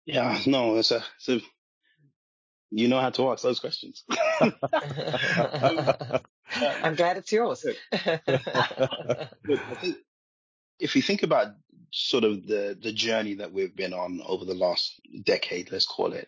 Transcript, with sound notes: Yeah, no, that’s a- you know how to ask those questions.
*laughs* I’m glad it’s yours.
If you think about sort of the journey that we’ve been on over the last decade, let’s call it,